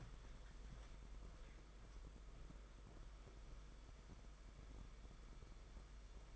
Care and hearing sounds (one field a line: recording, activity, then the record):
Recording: daily activity, microphone in the room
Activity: walk to room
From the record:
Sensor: 5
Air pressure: 991.2 hPa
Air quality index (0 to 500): 94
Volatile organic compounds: 13 ppm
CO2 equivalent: 2386 ppm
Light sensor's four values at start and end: 35/114/43/46 and 35/117/44/47